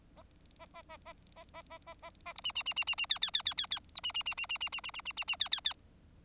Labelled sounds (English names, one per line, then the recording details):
Bengalese Finch song
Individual Bird4